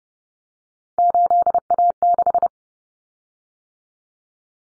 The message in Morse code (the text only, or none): 8A6